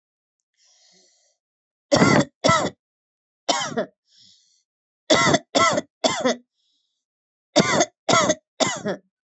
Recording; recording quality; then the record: heavy voluntary cough; excellent, no background noise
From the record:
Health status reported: healthy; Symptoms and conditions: none ticked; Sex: female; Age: 41 years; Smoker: not ticked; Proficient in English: yes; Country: India